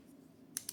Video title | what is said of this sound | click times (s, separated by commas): DJI Osmos Action 4 Setup & Walkthrough 2024 (Part-2) | as you can see it just snaps | 0.6 s, 0.7 s